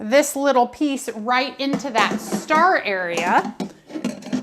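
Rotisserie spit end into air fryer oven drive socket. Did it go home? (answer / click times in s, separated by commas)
no / none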